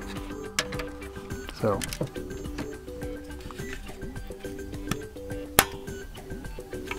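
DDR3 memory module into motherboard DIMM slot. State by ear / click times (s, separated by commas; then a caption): seated / 5.6 s. A DDR3 memory stick is pressed down at its other end into a DIMM slot on an ASRock H81 Pro BTC motherboard, with the board held closer to the microphone, over steady background music while someone talks. The second slot latch snaps closed with a sharp click at 5.6 s, and the module is seated.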